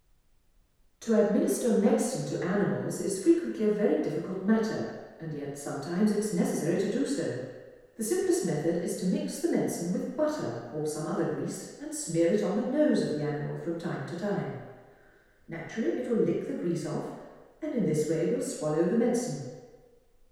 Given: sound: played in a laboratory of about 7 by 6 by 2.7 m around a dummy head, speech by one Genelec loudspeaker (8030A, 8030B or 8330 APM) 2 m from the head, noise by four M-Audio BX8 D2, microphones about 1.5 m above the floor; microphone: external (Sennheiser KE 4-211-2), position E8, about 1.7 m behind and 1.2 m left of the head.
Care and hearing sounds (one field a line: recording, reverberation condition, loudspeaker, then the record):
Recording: female speech in English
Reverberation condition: high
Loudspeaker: 60 degrees to the left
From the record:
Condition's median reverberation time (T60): about 1300 ms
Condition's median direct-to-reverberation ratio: about -4.0 dB